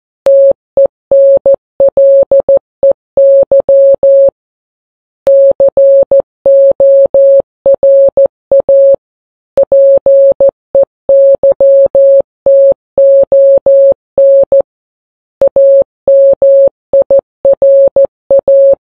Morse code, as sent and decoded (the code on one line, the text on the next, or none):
- . -. .-.. . -.-- / -.-. --- .-. .- / .--. . -.-- - --- -. / .- -- .. .-. .-
TENLEY CORA PEYTON AMIRA